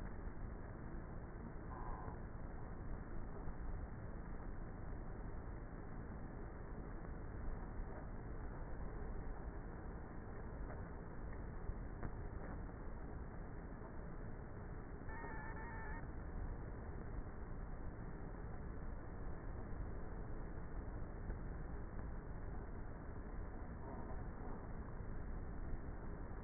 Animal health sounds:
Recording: honeybee colony, microphone inside the hive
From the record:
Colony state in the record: queenless with a low population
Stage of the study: before two queens were removed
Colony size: about 30,000 bees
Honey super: no

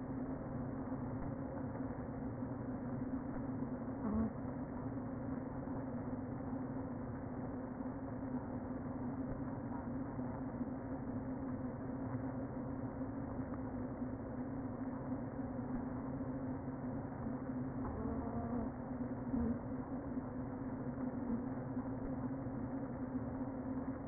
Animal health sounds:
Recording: honeybee colony, microphone inside the hive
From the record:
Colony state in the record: queen present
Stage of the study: before two queens were removed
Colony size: about 60,000 bees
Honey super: yes

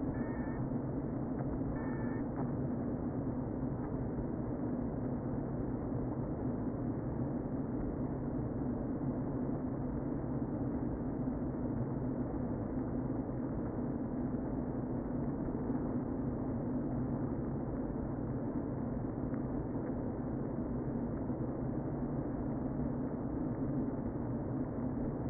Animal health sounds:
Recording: honeybee colony, microphone inside the hive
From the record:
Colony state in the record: queen present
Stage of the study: before two queens were removed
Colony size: about 60,000 bees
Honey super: yes

